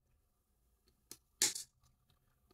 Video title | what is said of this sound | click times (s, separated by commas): Repairing Joycon Stick Drift with Gulikit Hall Sensing Joysticks | and it does click into place | 1.4 s